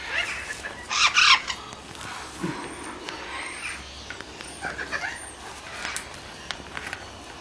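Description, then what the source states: Conure giving a harsh screech about a second in, followed by softer scattered chatter. Several conures meeting a camera.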